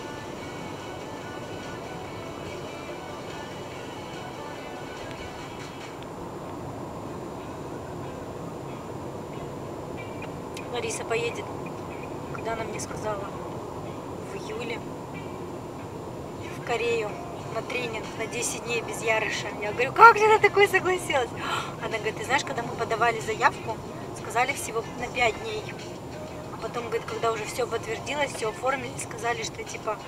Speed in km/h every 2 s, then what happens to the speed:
57, 57, 56, 56, 57, 57, 57, 56, 54, 53, 52, 50, 47, 45, 44.
0-13 steady at about 57. 13-30 slows to 44.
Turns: none.